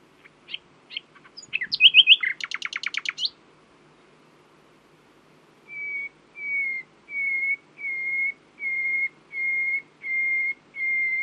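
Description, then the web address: Common nightingale song: varied chirps and a fast rattling burst, a pause, then a slow, even series of pure, slightly falling whistles. "owen Common Nightingale (Luscinia megarhynchos)"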